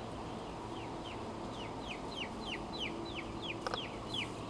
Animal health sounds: poultry house recording; healthy chickens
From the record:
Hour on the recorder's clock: 16

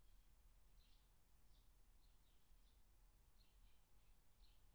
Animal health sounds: poultry house recording; no chicken sound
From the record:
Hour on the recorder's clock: 18

